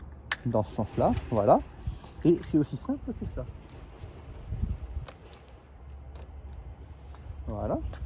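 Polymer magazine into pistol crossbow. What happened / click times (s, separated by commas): The plastic magazine snapped into place / 0.3 s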